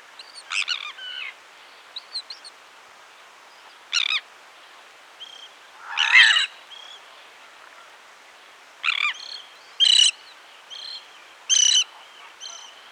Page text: Sandwich Tern Calls. Quick Sounds